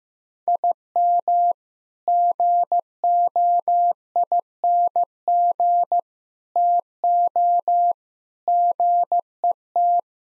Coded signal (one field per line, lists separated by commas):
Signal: Morse code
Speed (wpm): 15 wpm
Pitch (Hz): 700 Hz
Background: none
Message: IM GOING TO GET